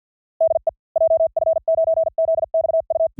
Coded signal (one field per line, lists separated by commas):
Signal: Morse code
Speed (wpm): 50 wpm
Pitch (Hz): 650 Hz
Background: none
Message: DE JF9ZXU